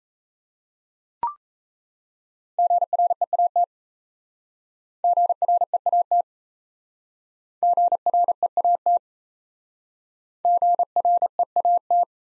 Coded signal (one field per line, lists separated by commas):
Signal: Morse code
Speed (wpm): 36 wpm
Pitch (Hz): 700 Hz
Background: none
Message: GREAT GREAT GREAT GREAT